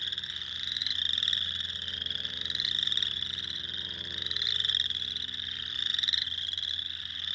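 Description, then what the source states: Spring peeper chorus, many shrill upslurred peeps blending into a continuous high ringing that swells and fades in waves. Recorded on 2021-04-06.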